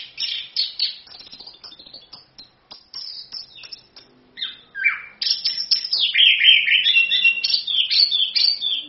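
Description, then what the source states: Orange-headed thrush singing: scattered soft twitters at first, then a louder rush of rich warbled phrases and rising and falling whistles in the second half. Full continuous song (gacor, ngerol); a masteran tutor song used as a pancingan lure to prompt other birds to sing.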